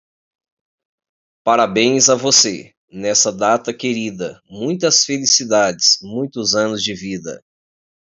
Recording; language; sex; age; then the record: short text; Brazilian Portuguese; male; 40 to 49 years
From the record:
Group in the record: control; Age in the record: 49 years